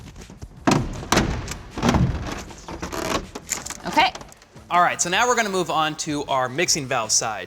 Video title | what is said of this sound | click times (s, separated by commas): How to Install the Delta® EverEdge Shower Wall Set (60x32) | right so I'm going to apply some pressure and you'll hear it snap in okay | 0.7 s, 1.1 s